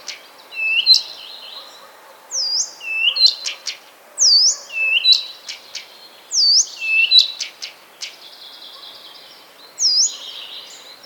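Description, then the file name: Blyth's reed warbler song: repeated looping whistled notes mixed with clicks and dry chatters, phrases coming every second or two. "kamyshovka sadovaja"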